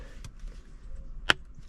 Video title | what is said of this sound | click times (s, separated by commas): How To Install Your 10-14 Mustang Steering Wheel | Little snap. | 1.3 s